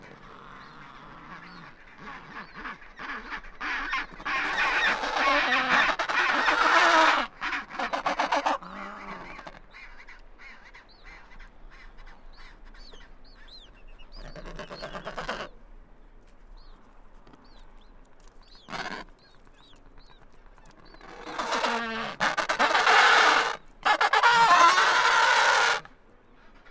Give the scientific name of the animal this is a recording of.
Pygoscelis adeliae